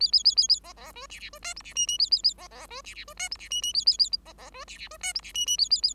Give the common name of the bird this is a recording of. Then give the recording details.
Bengalese Finch. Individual Bird5